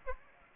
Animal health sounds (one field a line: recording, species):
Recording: mosquito wingbeat signal from an infrared sensor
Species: Aedes aegypti